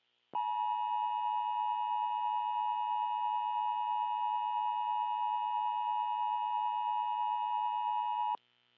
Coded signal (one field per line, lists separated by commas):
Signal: Emergency Alert System (SAME) tones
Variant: 853 and 960 Hz attention tone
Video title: EAS: Taki has Been Reported